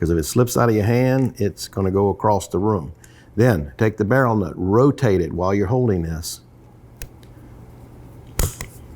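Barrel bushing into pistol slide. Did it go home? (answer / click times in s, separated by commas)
yes / 8.4 s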